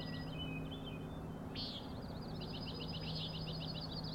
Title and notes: Common Nighthawks, Schoodic Head 061617 4am. 3 common nighthawks making peenting calls and wings booms but also a rattling noise at the Overlook (410 ft) on Schoodic Head (435 feet) Schoodic division Acadia National Park Winter Harbor, ME